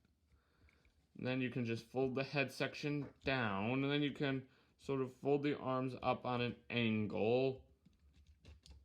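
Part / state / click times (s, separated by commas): plastic arm of a transforming action figure into its body slot / seated / 8.5 s, 8.7 s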